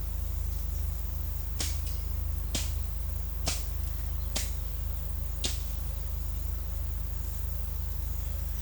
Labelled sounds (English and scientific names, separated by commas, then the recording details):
none
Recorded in secondary vegetation near Puerto Asís, Putumayo, Colombia, on 22 December 2024 at 10:30
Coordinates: 0.499, -76.323
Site G010